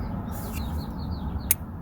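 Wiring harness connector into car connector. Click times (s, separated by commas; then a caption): 1.5 s. A Comma.ai openpilot wiring harness connector is plugged into the car's connector on a 2019 Toyota Camry Hybrid. Over a low steady rumble with faint high chirp-like tones, a single sharp click sounds at 1.5 s. The connector is confirmed seated.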